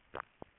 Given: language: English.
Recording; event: throat vibration sensor signal played as sound; swallow